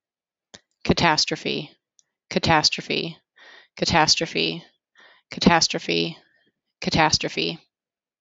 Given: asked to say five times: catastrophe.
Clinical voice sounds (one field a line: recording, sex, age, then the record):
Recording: repeated word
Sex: female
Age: 30 to 39 years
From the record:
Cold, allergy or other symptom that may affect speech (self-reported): no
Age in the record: 32 years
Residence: Virginia, United States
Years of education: 16